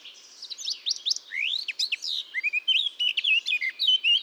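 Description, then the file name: Eurasian blackcap singing a fast, varied warble of rising and falling whistled notes, sweet and fluty, flowing without a break. "Sylvia atricapilla"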